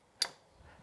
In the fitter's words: and when you raise it up it'll snap into place